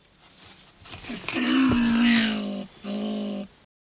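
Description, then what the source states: European pine marten giving a harsh, drawn-out whining call with strong harmonics, a long note followed by a shorter one after a brief gap, with faint rustling before. An individual pine marten named Berta.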